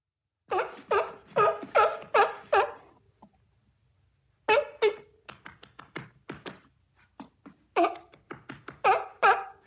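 Seal giving runs of loud, rough barks in rapid series, a short silence, then more irregular barks of varying strength.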